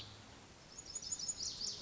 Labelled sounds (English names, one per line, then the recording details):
Lazuli Bunting
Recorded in Sonoma County, California